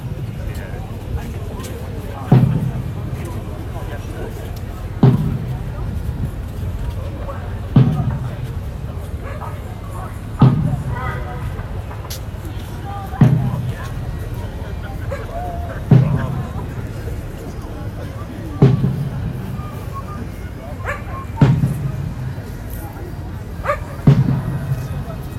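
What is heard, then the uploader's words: A single bass drum is struck at a slow, steady pace about every three seconds over a constant low rumble and faint murmuring voices. Red Rebels at Edinburgh's climate protest. This recording was from St Andrew Square and is of a demonstration by Red Rebels, a single bass drum is played throughout. Recorded by Bobby Jewell.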